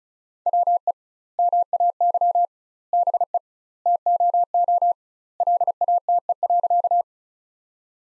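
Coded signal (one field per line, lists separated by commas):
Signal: Morse code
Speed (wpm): 34 wpm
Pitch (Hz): 700 Hz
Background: none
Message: WE MAY BE TOO LATE.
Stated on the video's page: Morse practice sentences built from the top 300 words at 35 wpm, with twice the standard word spacing.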